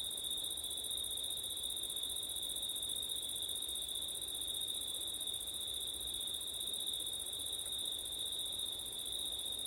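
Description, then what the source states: Crickets trilling continuously at high pitch, a dense, even chorus that never pauses. Crickets at night in September, with wind; ORTF microphone setup.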